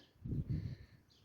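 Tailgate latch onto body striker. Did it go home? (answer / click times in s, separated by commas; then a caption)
no / none. A replacement tailgate on a 1993 Ford Bronco is pushed closed against its metal latch, giving two dull low thumps between about 0.2 and 0.8 seconds with faint rustling outdoor background. The latch sits a little too high to catch, so the gate does not latch and nothing has seated or clicked yet.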